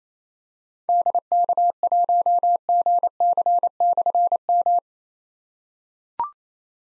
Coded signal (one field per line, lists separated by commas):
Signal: Morse code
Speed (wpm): 28 wpm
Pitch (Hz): 700 Hz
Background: none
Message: DK1GC/M